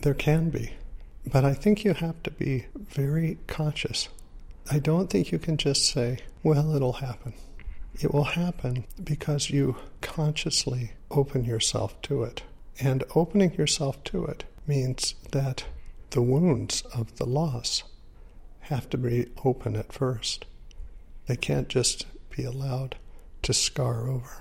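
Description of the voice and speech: Adult man with ALS, near the end of his life, speaking with a weak voice (dysarthria/hypophonia); his body and breath have become weak.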